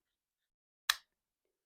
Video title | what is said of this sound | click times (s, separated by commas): I can’t believe this is a WalMart knife!! Swiss Tech STÄHLERN - Unboxing | hey there you go very good positive click on that and uh | 0.9 s